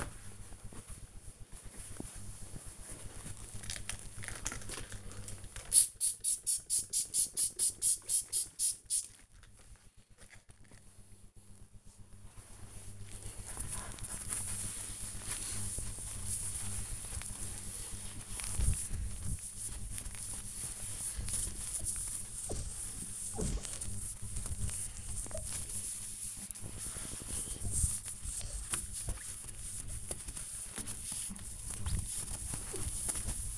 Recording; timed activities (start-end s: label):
household activities, microphone on the right wrist
0.00-33.58 s: window cleaning